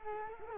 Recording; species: mosquito wingbeat signal from an infrared sensor; Culex quinquefasciatus